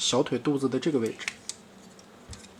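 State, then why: Seated. During the transformation of a plastic Transformers Studio Series SS101 Scourge robot toy, the large clip on the blade is pushed into the calf of the lower leg while someone talks. A sharp tick at 1.5 s marks the clip locking into place, followed by fainter ticks.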